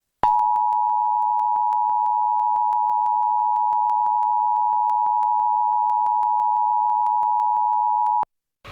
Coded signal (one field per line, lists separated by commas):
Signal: Emergency Alert System (SAME) tones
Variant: 853 and 960 Hz attention tone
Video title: (100 Sub Special) EAS Tornado Warning & Flash Flood Warning on WHSG-TV (WHSG-TV) (2023)